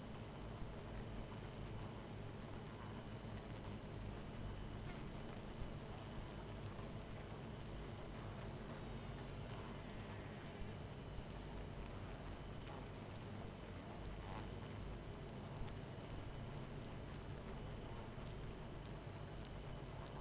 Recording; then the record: honeybee colony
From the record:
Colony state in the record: missing queen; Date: 14 July 2017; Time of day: 23:21